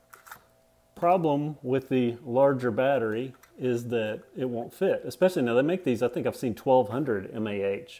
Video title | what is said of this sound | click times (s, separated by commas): Mini Orion HD Drone from World Tech Toys / QVC - Upgrades and Modifications | get a little slot you stick your battery in it clicks into place and that's all good and well | 0.1 s